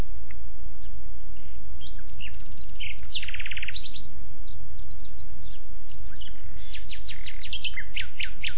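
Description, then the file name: Common nightingale singing scattered high notes and a buzzy rattle, ending in a rapid series of sharp clicking notes, with constant low rumble beneath. "Luscinia megarhynchos"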